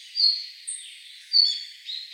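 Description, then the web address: Red-flanked bluetail calling: a few brief high thin notes, with a very high note between the first two, over a constant background hiss. Recorded 28 November 2016. "birdenaga ruribitaki C 161128"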